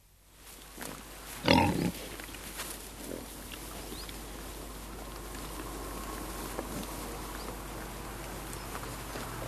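Wild boar giving one loud, rough grunt near the start, followed by a long stretch of low background hiss.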